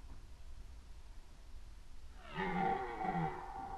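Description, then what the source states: Red deer roar: a single hoarse, deep bellow with rich harmonics, starting after two quiet seconds and lasting about a second and a half. Recorded during the rut, 2011.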